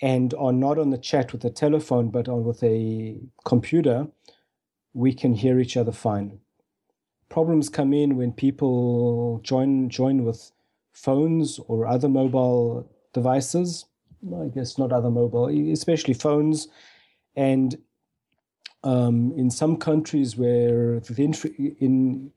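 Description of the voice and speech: Adult male conversational speech with word repetitions, stretched sounds and broken pauses, consistent with stuttering in a man who has stuttered most of his life.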